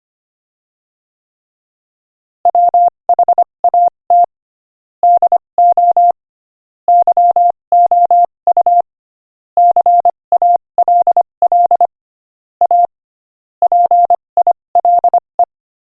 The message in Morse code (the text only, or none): WHAT DO YOU CALL A PILE